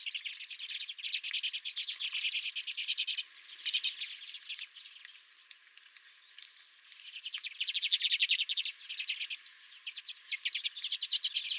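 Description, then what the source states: Redpolls chattering in waves, with loud bursts of rapid twittering separated by quieter spells of scattered calls. Redpolls calling at the recordist's feeder.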